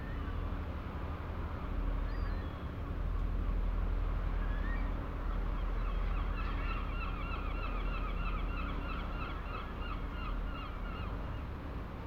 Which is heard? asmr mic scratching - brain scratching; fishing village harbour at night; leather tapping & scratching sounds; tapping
fishing village harbour at night